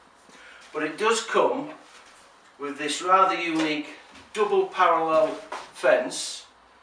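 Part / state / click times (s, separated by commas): double parallel fence into circular saw base / not seated / none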